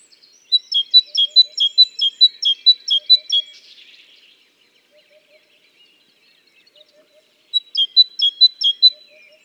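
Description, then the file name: Great tit singing a fast series of bright two-note phrases for about three seconds, a long pause, then the series resumes; faint low triplet notes recur in the background. "Parus major"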